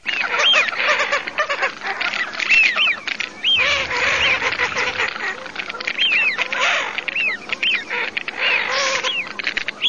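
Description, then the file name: Wigeon whistles, many short rising-and-falling whistled calls repeated over a dense, noisy background. "fischionecolorado"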